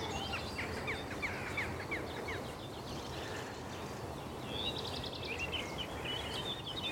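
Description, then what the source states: Common redstart song: short phrases of chirping notes, then a brighter, faster phrase near the end, over steady outdoor rumble. Little phrases of song along a slowly rising green lane with stately trees, view back down the valley to the south; redstarts take over higher up the hill.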